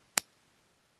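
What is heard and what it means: A plastic cap is snapped onto a ChapStick-style lip balm tube held up close, a small ridge catching with one sharp, bright click at 0.2 s. The click is brief and followed by near silence, and the cap is seated.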